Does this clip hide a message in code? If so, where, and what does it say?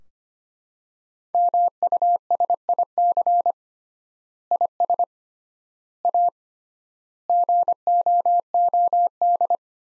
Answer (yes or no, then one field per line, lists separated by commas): yes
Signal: Morse code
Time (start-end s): 1.3-9.6 s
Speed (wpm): 25 wpm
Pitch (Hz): 700 Hz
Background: none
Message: MUSIC IS A GOOD